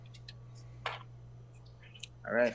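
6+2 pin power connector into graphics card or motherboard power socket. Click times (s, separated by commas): 0.9 s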